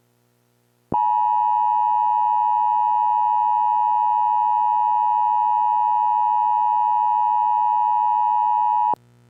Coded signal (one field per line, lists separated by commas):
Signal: Emergency Alert System (SAME) tones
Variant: 853 and 960 Hz attention tone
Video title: EAS Mock Scenario: Southeast Comet